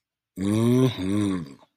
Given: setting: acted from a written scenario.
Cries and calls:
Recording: vocal sound without words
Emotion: romantic love

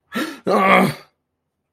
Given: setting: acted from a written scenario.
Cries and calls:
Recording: vocal sound without words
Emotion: negative surprise

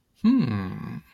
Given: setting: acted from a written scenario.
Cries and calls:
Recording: vocal sound without words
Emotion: desire

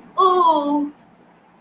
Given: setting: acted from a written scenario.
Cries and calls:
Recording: vocal sound without words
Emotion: fear

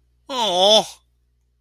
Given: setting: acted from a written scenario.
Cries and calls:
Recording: vocal sound without words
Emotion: adoration

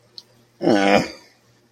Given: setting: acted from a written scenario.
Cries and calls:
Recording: vocal sound without words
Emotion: disappointment

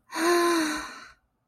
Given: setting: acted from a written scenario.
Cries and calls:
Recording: vocal sound without words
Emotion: ecstasy

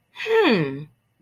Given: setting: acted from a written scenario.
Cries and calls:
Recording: vocal sound without words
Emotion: interest

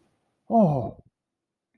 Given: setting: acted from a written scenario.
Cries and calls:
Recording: vocal sound without words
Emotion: positive surprise

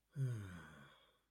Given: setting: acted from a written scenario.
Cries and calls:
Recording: vocal sound without words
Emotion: contentment

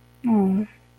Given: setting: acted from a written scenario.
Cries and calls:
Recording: vocal sound without words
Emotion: distress

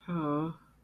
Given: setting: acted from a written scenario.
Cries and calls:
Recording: vocal sound without words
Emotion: shame

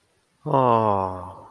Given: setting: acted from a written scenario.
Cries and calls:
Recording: vocal sound without words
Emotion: adoration

